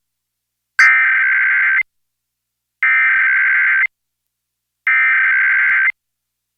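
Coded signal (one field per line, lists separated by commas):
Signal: Emergency Alert System (SAME) tones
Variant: header bursts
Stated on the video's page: National EAS test as aired by Minneapolis/St. Paul radio and TV stations.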